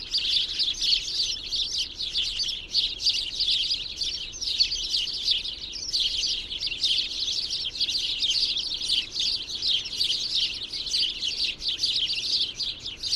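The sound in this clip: Birds chattering continuously, a thick wash of high, rapid chirps with no real gaps across the whole stretch.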